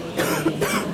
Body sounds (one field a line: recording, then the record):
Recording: coughing mixed with background sound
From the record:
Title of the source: 31 night wet cough